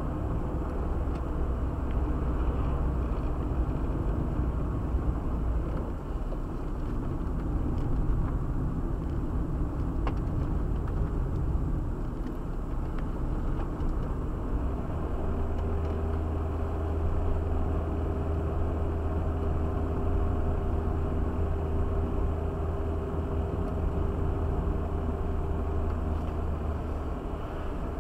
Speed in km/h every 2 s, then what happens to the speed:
46, 46, 44, 38, 43, 42, 43, 46, 48, 48, 48, 49, 49, 49.
3-6 slows to 38. 6-16 speeds up to 48. 16-28 steady at about 48.